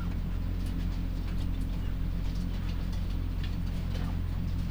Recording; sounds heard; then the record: poultry house recording; sick chickens (respiratory disease)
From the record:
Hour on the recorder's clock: 23